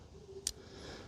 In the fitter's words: Зате пилка фіксується.